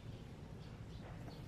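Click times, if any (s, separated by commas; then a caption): none. A replacement metal brake caliper is being handled onto the car's brake bracket and rotor for an M3. Low, steady rumbling noise fills the clip with no distinct impacts. Nothing has seated or clicked yet; the caliper is not yet home.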